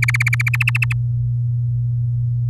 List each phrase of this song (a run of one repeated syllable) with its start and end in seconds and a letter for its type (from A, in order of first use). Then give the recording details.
0.00-0.56 A, 0.60-0.93 B. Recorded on 11 May 2018 at 06:08. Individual llb16